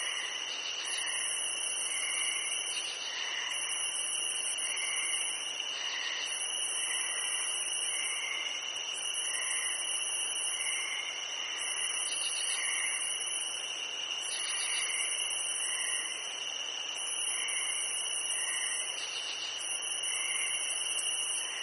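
Crickets chirp through the night in a dense, steady chorus, their high, shrill trilling pulsing in regular bursts roughly every second. A continuous bright ringing tone sits underneath the pulses, and the level stays even for the whole stretch with no other sounds breaking in.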